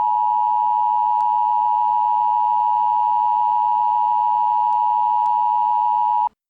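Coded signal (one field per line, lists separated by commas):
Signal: Emergency Alert System (SAME) tones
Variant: 853 and 960 Hz attention tone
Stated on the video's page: Mock freeze warning alert, simulated, with VoiceText Paul text-to-speech voice.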